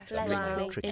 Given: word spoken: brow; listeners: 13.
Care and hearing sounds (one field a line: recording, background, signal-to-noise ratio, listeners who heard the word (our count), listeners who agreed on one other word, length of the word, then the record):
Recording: one English word in noise, from a listening test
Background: four-talker babble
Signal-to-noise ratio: -2.7 dB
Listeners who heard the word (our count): 0 of 13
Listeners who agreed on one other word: 8 of 13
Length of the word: 0.52 s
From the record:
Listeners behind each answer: 8, 2, 1, 1, 1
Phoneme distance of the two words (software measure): 44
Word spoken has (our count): 1 syllable, 3 phonemes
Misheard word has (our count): 2 syllables, 5 phonemes, stress on syllable 1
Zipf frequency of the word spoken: 3.28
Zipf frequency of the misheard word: 4.66